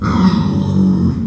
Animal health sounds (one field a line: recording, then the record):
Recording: squeal of a Yucatan mini pig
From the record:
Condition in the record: after surgery on the right vocal fold (resection and tissue-engineered implant)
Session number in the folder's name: 13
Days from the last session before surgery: 113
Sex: female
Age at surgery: 19 weeks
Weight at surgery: 25 kg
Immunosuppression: prednisolone